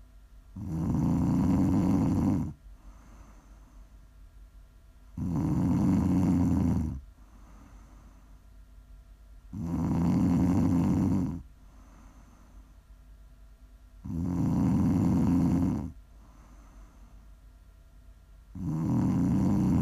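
Loud, low, rattling snores from a sleeping adult recur regularly about 13 times a minute, with quiet exhalations between them.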